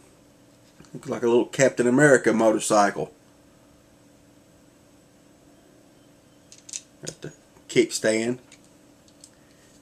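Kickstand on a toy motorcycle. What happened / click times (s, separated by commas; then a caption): Small plastic part handled, not yet locked in place / none. Someone talks while handling the small plastic kickstand of a toy motorcycle. A few faint taps and handling noises follow between about 6.5 and 9.2 seconds, along with more brief talk. The kickstand has not yet locked in place, and nothing has seated or clicked yet.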